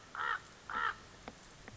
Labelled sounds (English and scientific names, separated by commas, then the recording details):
Common Raven (Corvus corax)
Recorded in Sonoma County, California